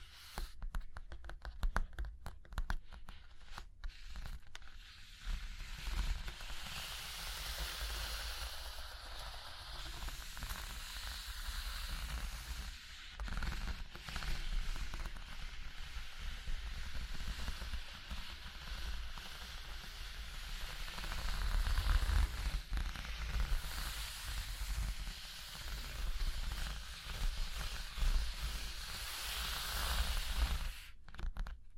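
Soft tapping, scratching and tracing on a surface, a dense, steady hiss of scrapes with quick clicks and a low rumble underneath throughout.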